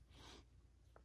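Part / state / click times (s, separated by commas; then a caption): battery pack sliding onto a handheld two-way radio / seated / 1.0 s. A plastic battery pack is set against the back of a Baofeng handheld two-way radio and slid up, with a soft broadband scraping rustle in the first half. Its latch engages with a short, sharp click at 0.96 s. The battery pack is seated and the radio is ready.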